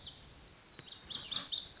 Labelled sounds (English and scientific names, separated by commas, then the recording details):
Lazuli Bunting (Passerina amoena)
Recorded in Sonoma County, California